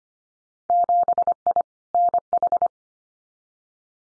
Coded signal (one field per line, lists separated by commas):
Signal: Morse code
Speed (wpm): 25 wpm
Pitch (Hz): 700 Hz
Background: none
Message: 7I NH